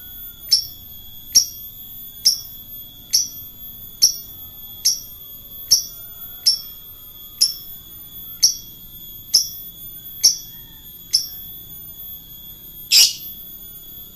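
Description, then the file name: Lovebird chatter: single shrill chirps spaced just under a second apart, ending with a brief harsher burst. Lovebird singing in the ngekek style. "suara lovebird ngekek"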